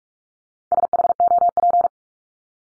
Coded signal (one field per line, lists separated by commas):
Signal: Morse code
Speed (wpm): 44 wpm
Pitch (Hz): 700 Hz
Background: none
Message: SHOP